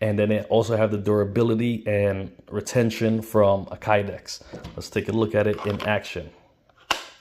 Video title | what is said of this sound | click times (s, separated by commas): Foundry Holster Co. The best Holster for S&W Bodyguard 2.0!!! | you hear that a nice audible click to let you know it's secure it's in there | 6.9 s